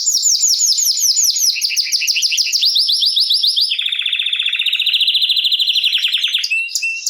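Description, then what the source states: Canary song, loud and continuous: rapid high rolling notes shifting down into a long dense buzzy trill. Male Belgian canary named Raiden singing a lot; played to warm up young birds and Belgian canaries.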